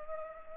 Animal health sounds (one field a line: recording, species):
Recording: mosquito wingbeat signal from an infrared sensor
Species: Culex pipiens